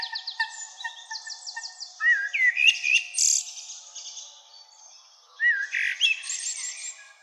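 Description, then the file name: Common blackbird giving fluted, wavering phrases that break into high squeaky twitters, with a faint steady tone underneath. "Turdus merula"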